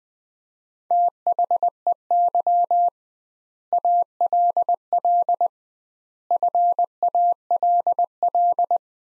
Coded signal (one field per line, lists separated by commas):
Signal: Morse code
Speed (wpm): 20 wpm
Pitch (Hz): 700 Hz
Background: none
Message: THEY ALL FALL